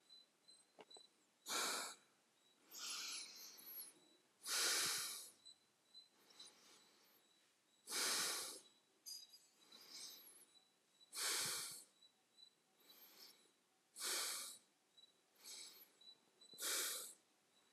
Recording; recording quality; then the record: deep breathing; excellent, no background noise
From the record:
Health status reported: healthy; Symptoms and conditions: diabetes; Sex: male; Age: 42 years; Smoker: not ticked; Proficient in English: yes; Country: India